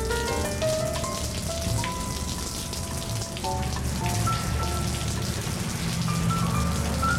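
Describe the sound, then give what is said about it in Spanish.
Steady rain falls on gardens in a dense, even hiss with soft patters of drops on surfaces, while faint sustained tones drift in and out beneath it. No one speaks. “El tipo ideal para acompañarnos en una tarde lánguida, en esas tardes en las que llueve sobre los jardines y también sobre nuestros corazones.”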